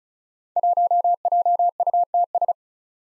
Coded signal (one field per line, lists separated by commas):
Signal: Morse code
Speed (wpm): 36 wpm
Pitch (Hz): 700 Hz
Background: none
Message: 1JUTS